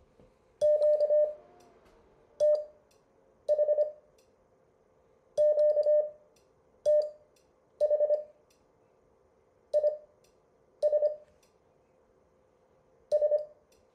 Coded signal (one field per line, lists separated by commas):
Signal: Morse code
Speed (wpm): 24 wpm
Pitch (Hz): 600 Hz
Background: none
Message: QTH QTH IS S